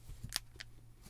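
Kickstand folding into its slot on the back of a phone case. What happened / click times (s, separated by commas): The plastic kickstand snaps shut into its slot / 0.4 s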